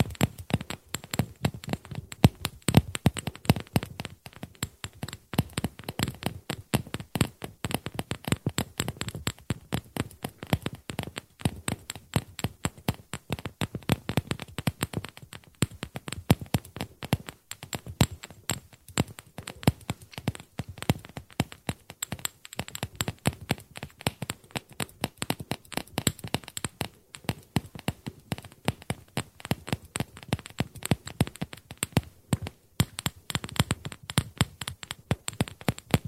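Teaspoons clink and tap against each other in a dense, rapid stream of small metallic clicks that runs steadily for the whole clip. The hits are crisp, with only brief thinner stretches near the middle, and no other sounds behind them.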